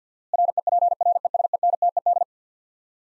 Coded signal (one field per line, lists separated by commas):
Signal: Morse code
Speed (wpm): 45 wpm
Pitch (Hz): 700 Hz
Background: none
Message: REPRESENTED